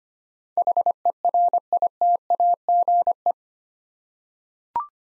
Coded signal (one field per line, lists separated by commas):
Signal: Morse code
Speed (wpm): 25 wpm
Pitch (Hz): 700 Hz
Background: none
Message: HERITAGE